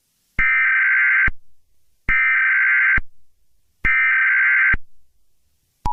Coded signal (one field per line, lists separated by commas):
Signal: Emergency Alert System (SAME) tones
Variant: header bursts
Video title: EAS Scenario #25: Mickey Error IV The Next Chapter